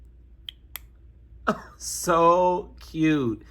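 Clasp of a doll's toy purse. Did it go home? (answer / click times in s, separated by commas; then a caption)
yes / 0.5 s, 0.8 s. A small plastic clasp on a fashion doll's toy purse is snapped shut. It gives two sharp clicks at 0.5 s and 0.8 s, and the clasp seats closed. Someone then talks.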